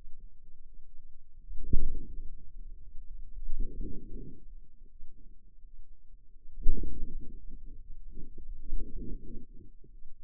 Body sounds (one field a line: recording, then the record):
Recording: forearm muscle sounds (acoustic myography)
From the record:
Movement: wrist extension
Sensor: system 2, bracelet of six BSWA MPA416 microphones around the upper forearm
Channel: 3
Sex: female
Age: 23 years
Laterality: right